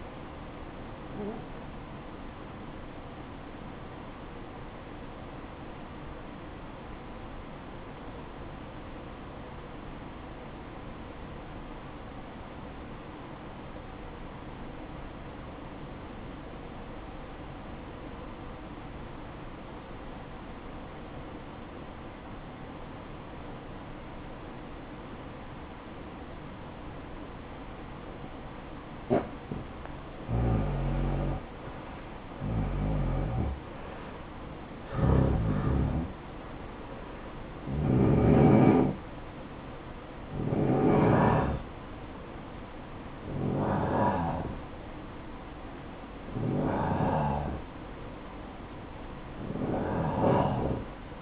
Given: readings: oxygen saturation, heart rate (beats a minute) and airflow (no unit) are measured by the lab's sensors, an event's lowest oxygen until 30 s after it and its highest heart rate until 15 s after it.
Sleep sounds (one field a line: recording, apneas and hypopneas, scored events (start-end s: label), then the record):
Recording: breathing in sleep by a voice recorder at the bedside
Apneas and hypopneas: 1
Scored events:
6.00-26.40 s: obstructive apnea (N1, oxygen 96% highest, then 90% lowest, heart rate 62 at the start, 66 highest)
From the record:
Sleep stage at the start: N1 (lightest sleep)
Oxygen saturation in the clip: 89 to 96%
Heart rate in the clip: 54 to 77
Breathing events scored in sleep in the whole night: 573 in 9.8 hours asleep